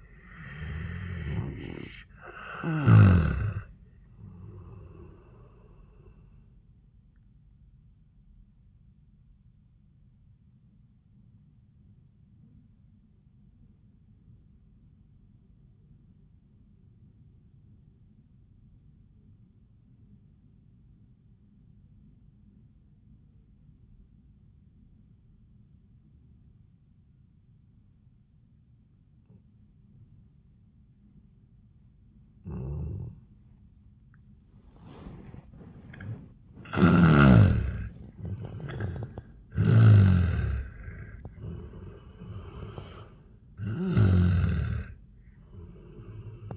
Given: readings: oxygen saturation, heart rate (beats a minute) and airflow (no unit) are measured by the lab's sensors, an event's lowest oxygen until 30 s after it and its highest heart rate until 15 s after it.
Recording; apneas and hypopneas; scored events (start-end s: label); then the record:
breathing in sleep by a smartphone at the bedside; 1
3.00-46.57 s: new sleep stage, N1 (lightest sleep)
13.00-33.70 s: obstructive apnea (N1, oxygen 96% highest, then 84% lowest, heart rate 73 at the start, 83 highest)
From the record:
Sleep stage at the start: N2 (light sleep); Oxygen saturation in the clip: 87 to 96%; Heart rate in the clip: 71 to 80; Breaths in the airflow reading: 5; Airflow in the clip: -9.0 to 4.7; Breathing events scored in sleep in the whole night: 400 in 8.7 hours asleep